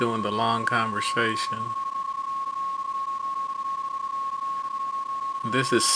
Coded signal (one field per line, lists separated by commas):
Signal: PSK31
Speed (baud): 31.25 baud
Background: speech, radio noise